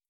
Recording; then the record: hydrophone in a shrimp aquaculture tank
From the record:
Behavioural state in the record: starved